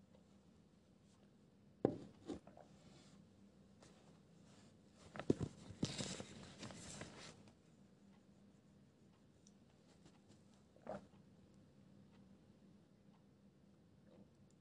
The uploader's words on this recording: (NO MUSIC) Pencil ASMR, quiet space, page flipping, scribbles etc.